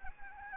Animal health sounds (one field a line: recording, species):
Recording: mosquito wingbeat signal from an infrared sensor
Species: Anopheles gambiae